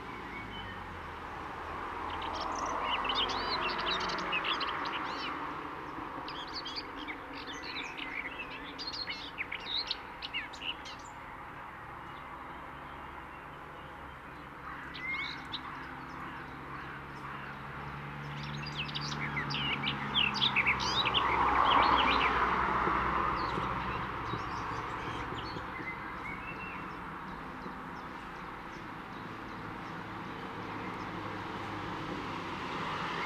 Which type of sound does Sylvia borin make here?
song